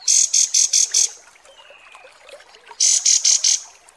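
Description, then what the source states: Kapas tembak song: two bursts of four or five sharp, very high notes, with a faint thin whistle in the gap between them. Masteran training recording of kapas tembak song, labelled 'mewah'.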